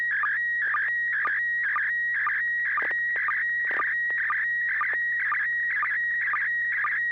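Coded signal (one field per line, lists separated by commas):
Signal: SSTV (slow-scan television)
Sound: warbling image tones with regular short low sync chirps about twice a second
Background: low hum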